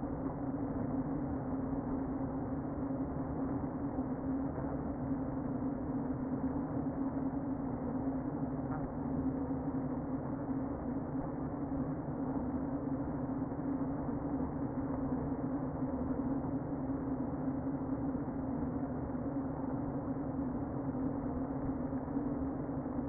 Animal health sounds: honeybee colony, microphone inside the hive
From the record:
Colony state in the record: queen present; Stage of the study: before two queens were removed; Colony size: about 60,000 bees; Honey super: yes

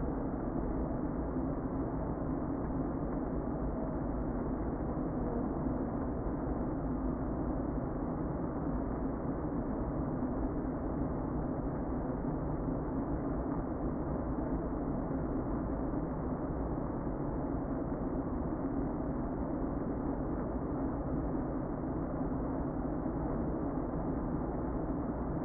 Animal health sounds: honeybee colony, microphone inside the hive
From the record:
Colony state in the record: queen present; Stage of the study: before two queens were removed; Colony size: about 60,000 bees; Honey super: yes

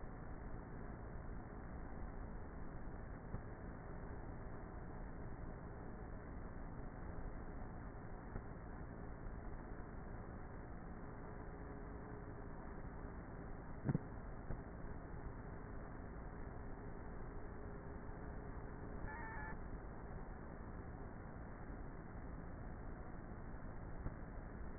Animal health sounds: honeybee colony, microphone inside the hive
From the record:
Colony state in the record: queenless with a low population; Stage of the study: before two queens were removed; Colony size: about 30,000 bees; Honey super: no

